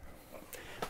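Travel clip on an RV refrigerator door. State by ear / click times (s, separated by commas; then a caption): seated / 0.5 s, 0.8 s. A travel clip on an RV refrigerator/freezer door is engaged after the door is shut, to hold it closed in transit. Two sharp clicks are heard, at 0.5 s and 0.8 s, over a low background hum. The clip latches and the door is secured shut.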